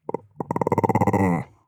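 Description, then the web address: Chihuahua growl: two short grunts, then a rapid pulsing rumble that holds steady and fades after about a second. Muffled growl. "soundpool geraeusche natur-tiere hunde"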